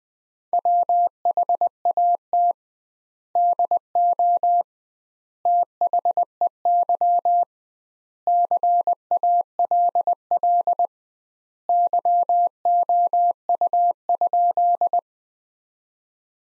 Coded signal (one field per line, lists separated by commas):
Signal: Morse code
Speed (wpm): 20 wpm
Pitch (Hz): 700 Hz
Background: none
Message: WHAT DO THEY CALL YOU?